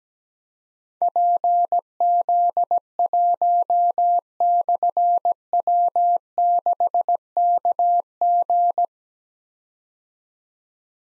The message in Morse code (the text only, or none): PZ1/W6KG